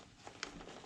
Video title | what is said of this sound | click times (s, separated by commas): how to replace horn Volvo V40 | until it clicks | 0.4 s